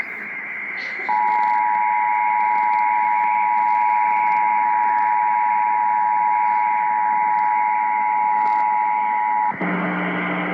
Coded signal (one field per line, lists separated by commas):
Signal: Emergency Alert System (SAME) tones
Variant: 853 and 960 Hz attention tone